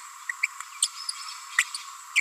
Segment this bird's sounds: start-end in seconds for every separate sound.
0.42-0.46, 0.82-0.87, 1.58-1.63, 1.74-1.77, 2.15-2.20